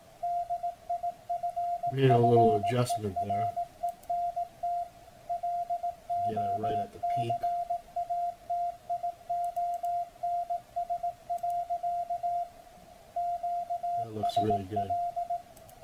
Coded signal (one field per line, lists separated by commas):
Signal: Morse code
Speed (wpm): 18 wpm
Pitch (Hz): 700 Hz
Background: speech, radio noise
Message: DIFFERENT LOCATIONS. QSL